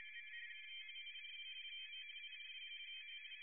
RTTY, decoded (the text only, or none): DF5BX 599 191